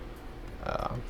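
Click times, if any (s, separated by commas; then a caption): none. Someone pushes an o-ring-sealed shutoff into the spool valve engine of a paintball marker, but it is finicky to get in and does not snap home, so they stop to lube the o-ring lip before trying again. Short handling knocks sound at about 0.7, 0.8 and 0.9 seconds over low background hum. Nothing has seated or clicked yet.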